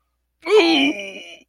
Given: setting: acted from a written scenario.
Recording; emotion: vocal sound without words; pain